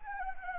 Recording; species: mosquito wingbeat signal from an infrared sensor; Anopheles arabiensis